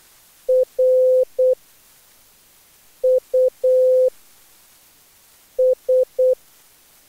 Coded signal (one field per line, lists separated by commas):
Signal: Morse code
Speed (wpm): 15 wpm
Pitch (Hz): 510 Hz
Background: none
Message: RUS